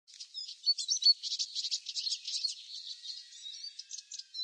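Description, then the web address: Eurasian siskin calling in quick, high twitters and chirps, busy throughout. "siskin bird call"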